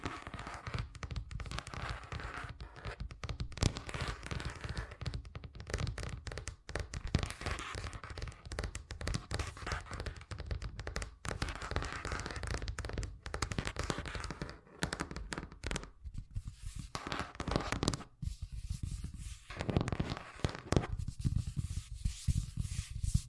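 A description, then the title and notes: Fast, dense tapping runs continuously with sharp crackling clicks, briefly thinning and quieting around sixteen seconds before resuming at full pace. ASMR Braingasm Inducing Fast Tapping (No Talking).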